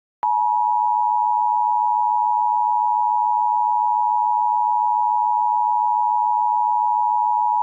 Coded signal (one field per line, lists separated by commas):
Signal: Emergency Alert System (SAME) tones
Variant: 853 and 960 Hz attention tone